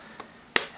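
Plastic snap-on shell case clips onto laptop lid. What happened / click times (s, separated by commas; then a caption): The plastic case clips snapped into place / 0.6 s. The top half of a clear plastic Speck snap-on shell case is pressed down onto the lid of a 13-inch MacBook Pro. After a faint tick at 0.2 s, the side clips lock into place with a sharp, bright snap at 0.6 s. The case is seated on the lid.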